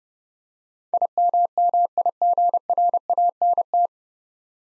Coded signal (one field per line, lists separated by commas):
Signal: Morse code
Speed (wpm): 29 wpm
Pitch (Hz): 700 Hz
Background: none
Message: IMMIGRANT